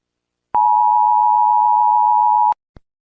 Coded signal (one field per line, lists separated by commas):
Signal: Emergency Alert System (SAME) tones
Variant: 853 and 960 Hz attention tone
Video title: EAS ALARMS OF AMERICAN COUNTRIES